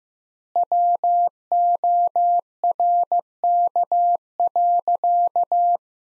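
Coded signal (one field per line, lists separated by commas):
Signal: Morse code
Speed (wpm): 16 wpm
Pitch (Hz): 700 Hz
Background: none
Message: WORK.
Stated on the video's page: Morse practice at 15 wpm: sentences from the top 300 words with 4x standard word spacing, a word-level analogue of Farnsworth spacing.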